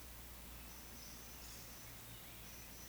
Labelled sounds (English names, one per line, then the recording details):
Eurasian Woodcock whistle
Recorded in Baden-Württemberg, Germany, on 16 June 2020 at 19:29 UTC
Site 45520, 595 m above sea level